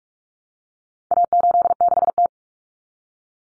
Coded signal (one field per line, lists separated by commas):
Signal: Morse code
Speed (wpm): 44 wpm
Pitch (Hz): 700 Hz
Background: none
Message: A86T